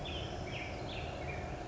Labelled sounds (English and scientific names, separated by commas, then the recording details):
Black-headed Grosbeak (Pheucticus melanocephalus)
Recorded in Sonoma County, California